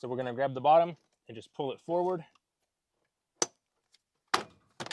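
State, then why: Released. Someone talks while pulling the plastic kick panel, the piece just behind the hood release on the interior side panel of a 2007–2014 GMC/Chevy Tahoe, Yukon, Suburban or Silverado, forward from the bottom. Its two plastic retaining tabs release with two sharp clicks at 3.4 s and 4.3 s, and the panel pops free.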